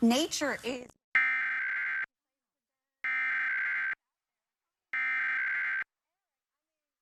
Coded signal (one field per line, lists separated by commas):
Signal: Emergency Alert System (SAME) tones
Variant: header bursts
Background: speech